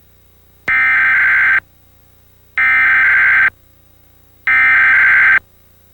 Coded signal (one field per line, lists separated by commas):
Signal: Emergency Alert System (SAME) tones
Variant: header bursts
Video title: WFTC-TV EAS Test - May 27, 2000